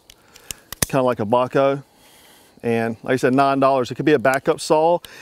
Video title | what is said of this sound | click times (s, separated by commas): WALMART!! $9 Survival Saw Review | I do like how it locks into place | 0.5 s, 0.7 s